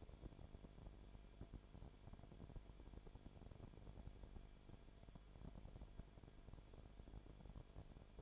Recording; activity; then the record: daily activity, microphone in the room; no activity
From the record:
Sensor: 5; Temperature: 19.9 degrees Celsius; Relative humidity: 35.6%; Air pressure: 1003.4 hPa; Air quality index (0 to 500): 58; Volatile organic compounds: 1 ppm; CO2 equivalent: 640 ppm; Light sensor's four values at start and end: 2/3/1/1 and 2/3/1/1